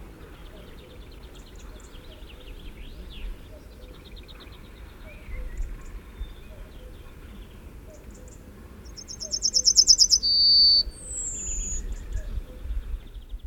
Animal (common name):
Yellowhammer